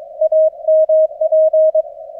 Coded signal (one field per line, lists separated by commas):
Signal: Morse code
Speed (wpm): 23 wpm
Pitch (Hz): 630 Hz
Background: none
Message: AMP